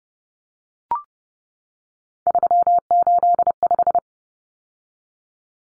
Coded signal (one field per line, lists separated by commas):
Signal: Morse code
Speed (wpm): 30 wpm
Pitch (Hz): 700 Hz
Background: none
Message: 385